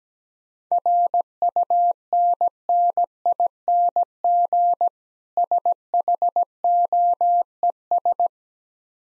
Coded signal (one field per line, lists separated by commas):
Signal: Morse code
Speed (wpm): 17 wpm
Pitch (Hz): 700 Hz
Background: none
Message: RUNNING SHOES